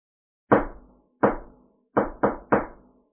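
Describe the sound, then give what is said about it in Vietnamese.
Five sharp knocks on a courtyard door in a two long, three short pattern: two spaced apart, then three quicker ones in close succession, each a solid, resonant thud with a brief decay, no voices. “tiến đến gõ cửa”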